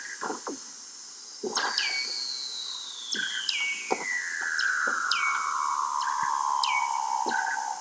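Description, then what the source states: Seal calls: a long, slowly descending whistle gliding downward over several seconds, with short falling chirps and scattered clicks around it. Antarctic seal.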